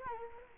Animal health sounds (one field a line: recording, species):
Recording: mosquito wingbeat signal from an infrared sensor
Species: Culex quinquefasciatus